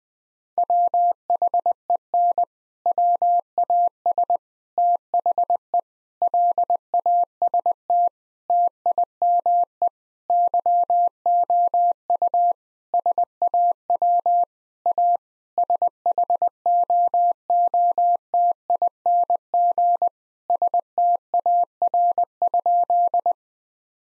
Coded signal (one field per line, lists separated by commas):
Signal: Morse code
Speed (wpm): 20 wpm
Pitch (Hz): 700 Hz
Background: none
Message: WHEN WAS THE LAST TIME YOU SAW A SHOOTING STAR?